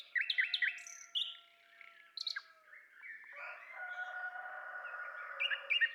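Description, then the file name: Common nightingale song with quick chipped notes and trills, followed by long steady whistled tones. "Luscinia megarhynchos"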